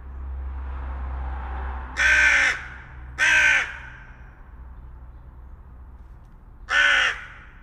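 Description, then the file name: Carrion crow calling three rough, grating caws, two close together and a third after a pause of about three seconds, over faint low background hum. "Corvus corone"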